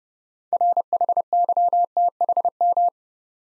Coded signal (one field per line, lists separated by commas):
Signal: Morse code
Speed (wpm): 30 wpm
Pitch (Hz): 700 Hz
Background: none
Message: RHYTHM